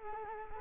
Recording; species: mosquito wingbeat signal from an infrared sensor; Culex quinquefasciatus